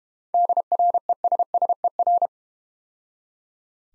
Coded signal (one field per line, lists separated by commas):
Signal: Morse code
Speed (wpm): 31 wpm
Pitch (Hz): 700 Hz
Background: none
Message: DRESSER